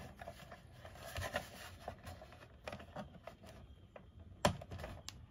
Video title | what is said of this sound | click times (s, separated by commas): Step by Step How to Install Winegard Gateway 4G LTE with 360+ Connect V2 in a Keystone Cougar RV | That's snapped in place. | 4.5 s